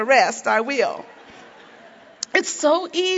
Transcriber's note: laughter